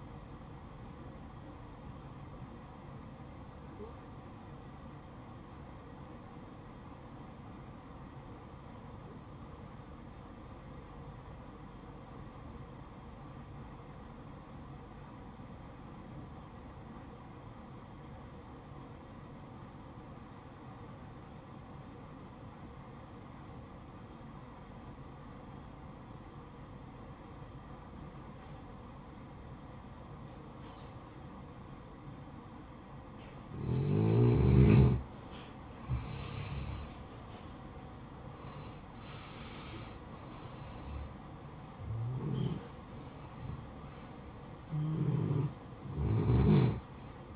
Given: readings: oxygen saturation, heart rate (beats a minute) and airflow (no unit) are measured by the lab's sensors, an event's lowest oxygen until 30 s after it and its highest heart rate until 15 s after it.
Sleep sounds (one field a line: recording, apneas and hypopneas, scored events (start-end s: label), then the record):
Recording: breathing in sleep by a smartphone at the bedside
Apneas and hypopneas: 1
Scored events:
6.00-36.60 s: obstructive apnea (N2, oxygen 96% highest, then 87% lowest, heart rate 58 at the start, 72 highest)
29.00-47.36 s: new sleep stage, N1 (lightest sleep)
From the record:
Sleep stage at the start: N2 (light sleep)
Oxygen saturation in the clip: 86 to 96%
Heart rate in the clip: 54 to 72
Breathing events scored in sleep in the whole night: 573 in 9.8 hours asleep